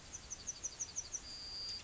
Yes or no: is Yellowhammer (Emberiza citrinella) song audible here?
yes